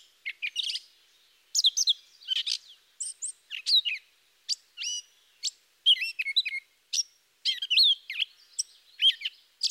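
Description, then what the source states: Gray Catbird singing a long run of varied squeaky, whistled and scratchy phrases, rarely repeated, delivered in rapid bursts with short pauses. Mimic species; disjointed song of harsh, squeaky and nasal phrases, not consistently repeated, with occasional sweet notes; less melodic than mockingbird or thrasher.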